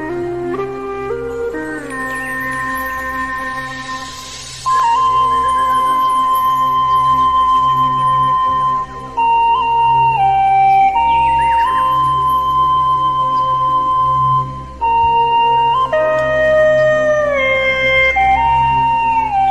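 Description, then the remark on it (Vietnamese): A Hmong bamboo flute, played by Hmong people on a high mountain peak at night, plays a slow melody of long, sustained notes with gliding pitch bends, sounding loud and steady over a low humming accompaniment, with no voices. “Ở trên cao đỉnh núi, người ta thổi sáo mèo vang vang trong đêm.”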